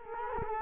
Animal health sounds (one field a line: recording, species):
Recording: mosquito wingbeat signal from an infrared sensor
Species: Culex quinquefasciatus